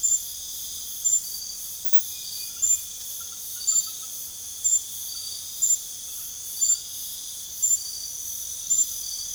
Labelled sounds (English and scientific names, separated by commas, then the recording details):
none
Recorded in pastures near Puerto Asís, Putumayo, Colombia, on 4 March 2025 at 01:30
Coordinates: 0.497, -76.327
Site G072